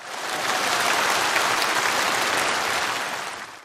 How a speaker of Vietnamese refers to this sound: Đó là một vấn đề rất là đáng quý, đáng trân trọng và đáng được cho một tràng pháo tay.